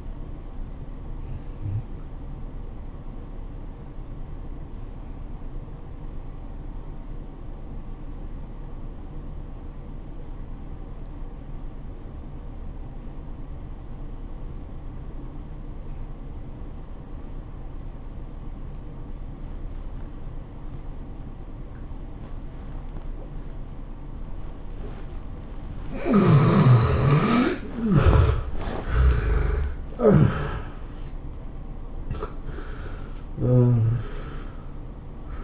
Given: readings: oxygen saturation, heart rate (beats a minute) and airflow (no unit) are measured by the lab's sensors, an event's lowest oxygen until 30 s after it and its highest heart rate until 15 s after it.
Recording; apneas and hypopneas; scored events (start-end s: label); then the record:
breathing in sleep by a smartphone at the bedside; 1
3.00-26.60 s: obstructive apnea (N2, oxygen 95% highest, then 67% lowest, heart rate 97 at the start, 111 highest)
25.00-35.44 s: new sleep stage, N1 (lightest sleep)
From the record:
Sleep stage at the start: N2 (light sleep); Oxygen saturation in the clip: 73 to 95%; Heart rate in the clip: 76 to 111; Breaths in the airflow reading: 5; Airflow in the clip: -19.8 to 16.9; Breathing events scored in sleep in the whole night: 403 in 5.5 hours asleep